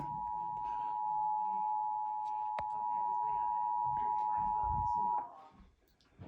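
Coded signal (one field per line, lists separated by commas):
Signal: Emergency Alert System (SAME) tones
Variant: 853 and 960 Hz attention tone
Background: speech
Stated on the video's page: EAS child abduction alert carried on NBC Sports Network.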